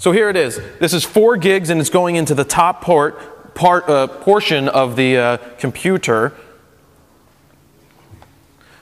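A 4 GB RAM module is being lined up for the top memory slot of a desktop computer, with a plastic flap moved aside so it can slide into the slot's tracks. A man talks for about six seconds, then it goes quiet apart from faint soft handling ticks near the end. The module has not seated or clicked yet.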